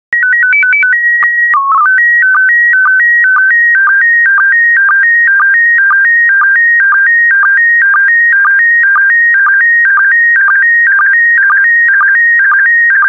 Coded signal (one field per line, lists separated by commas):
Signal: SSTV (slow-scan television)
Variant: PD 120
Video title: 158016 Mushrooms SSTV PD120